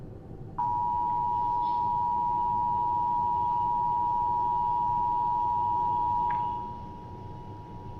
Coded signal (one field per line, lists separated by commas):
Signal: Emergency Alert System (SAME) tones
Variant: 853 and 960 Hz attention tone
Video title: Tornado warning EAS mock